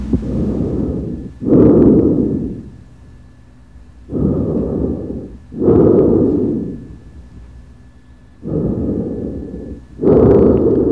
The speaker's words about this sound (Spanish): El sonido de la tráquea.